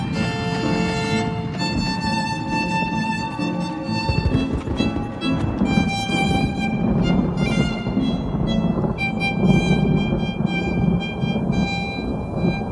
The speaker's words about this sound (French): Lorsque Finch et Basile y entrent en fiacre, une pluie grasse tombe sur le quartier de Whitechapel.